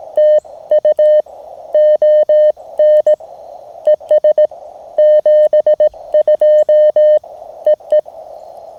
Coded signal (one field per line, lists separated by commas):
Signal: Morse code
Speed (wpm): 20 wpm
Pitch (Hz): 620 Hz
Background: none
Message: TU ON ES 72 EE